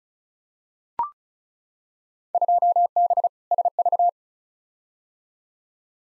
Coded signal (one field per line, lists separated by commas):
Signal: Morse code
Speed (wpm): 36 wpm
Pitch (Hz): 700 Hz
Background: none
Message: 2B SV